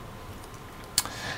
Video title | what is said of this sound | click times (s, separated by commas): Toshiba Satellite L850 Basic Teardown | push it down till it clicks | 1.0 s